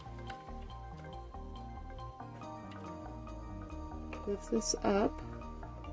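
With music playing, someone talks while handling the metal shuttle retaining latch on a sewing machine hook assembly, after the shuttle has been placed hook down. Only a few faint ticks are heard under the music as the latch is lifted. Nothing has seated or snapped back into place yet.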